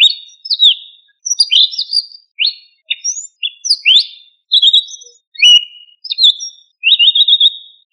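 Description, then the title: Thrush song of fluty, slurred whistled phrases given in quick succession with short silent gaps. "Familia Turdidae - Sabia"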